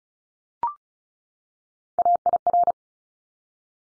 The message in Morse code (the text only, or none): AIR